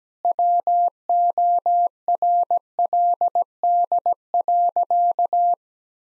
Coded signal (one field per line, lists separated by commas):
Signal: Morse code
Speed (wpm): 17 wpm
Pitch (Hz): 700 Hz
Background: none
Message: WORLD.